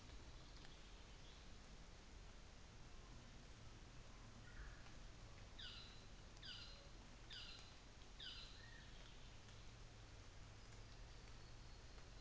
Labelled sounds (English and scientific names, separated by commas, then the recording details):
North Island Saddleback (Philesturnus rufusater)
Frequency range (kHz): North Island Saddleback (Philesturnus rufusater) 1.1-5.5 kHz
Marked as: faintness 2/5
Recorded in New Zealand on 24 December 2018
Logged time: 10:15